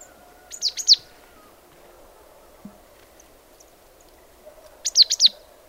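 Marsh tit calls: two bursts of three or four clipped, high, descending notes, about four seconds apart, over a soft background hum.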